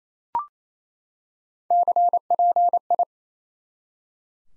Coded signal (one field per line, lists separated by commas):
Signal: Morse code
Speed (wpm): 28 wpm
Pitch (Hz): 700 Hz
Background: none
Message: CPI